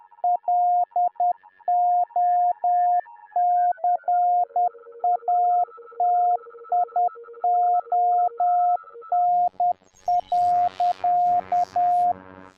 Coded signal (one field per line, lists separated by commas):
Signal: Morse code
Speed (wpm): 10 wpm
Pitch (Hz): 710 Hz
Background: none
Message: LOCATION.